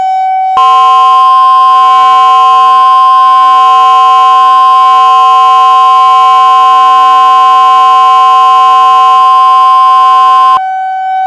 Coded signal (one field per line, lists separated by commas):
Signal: Emergency Alert System (SAME) tones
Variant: 1050 Hz attention tone